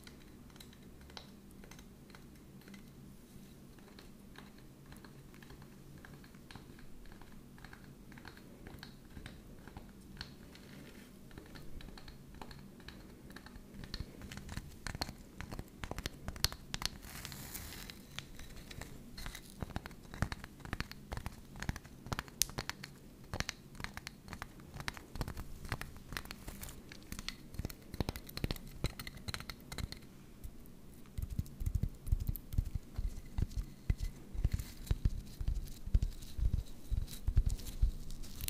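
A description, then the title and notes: Tapping sounds in an ASMR style, starting sparse and soft, then growing denser and louder from around fifteen seconds. Quick, crisp taps cluster in bursts, like typing on a keyboard, with some crinkly, scratchy textures mixed in and a low steady hum underneath. Tapping ASMR.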